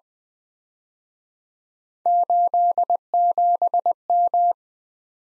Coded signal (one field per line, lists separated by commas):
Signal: Morse code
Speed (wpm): 21 wpm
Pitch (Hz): 700 Hz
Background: none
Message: 87M